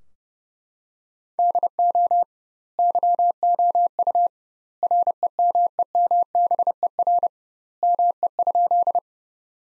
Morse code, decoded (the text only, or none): DO YOU REMEMBER ME?